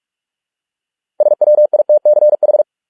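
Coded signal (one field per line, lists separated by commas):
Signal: Morse code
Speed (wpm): 46 wpm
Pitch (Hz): 600 Hz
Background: none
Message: SWITCH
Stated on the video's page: Morse code practice of English words at 45 wpm.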